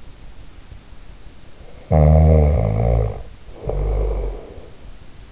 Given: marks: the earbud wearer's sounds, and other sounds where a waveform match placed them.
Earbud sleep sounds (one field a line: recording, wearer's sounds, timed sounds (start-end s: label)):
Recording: sounds in sleep by an in-ear microphone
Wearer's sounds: snoring breath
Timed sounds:
1.74-4.79 s: snoring breath